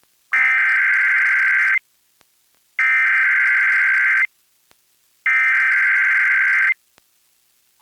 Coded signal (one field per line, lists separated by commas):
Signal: Emergency Alert System (SAME) tones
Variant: header bursts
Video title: EAS #1046-1047: 2 EAS Required Monthly Tests- Jan. 10, 2025- 2:20PM PST